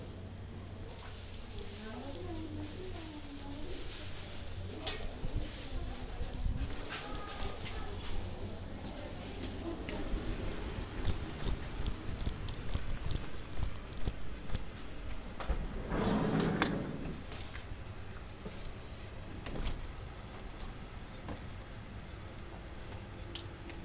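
Setting out goods at a farm stand, with a steady low rumble of traffic underneath throughout. Voices talk in the first seconds, and scattered knocks, rustles and light clatters come and go, with a louder scraping burst around sixteen seconds.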